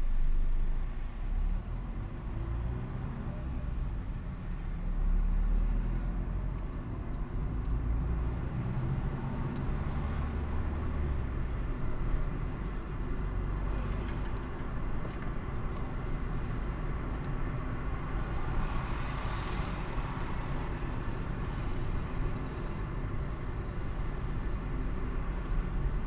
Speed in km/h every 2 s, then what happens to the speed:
11, 17, 19, 22, 22, 23, 23, 25, 31, 33, 37, 37, 35.
0-6 speeds up to 22. 6-13 steady at about 22. 13-20 speeds up to 37. 20-26 steady at about 37.